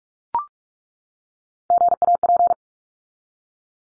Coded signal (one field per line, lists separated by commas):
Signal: Morse code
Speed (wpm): 44 wpm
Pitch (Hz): 700 Hz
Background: none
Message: GAP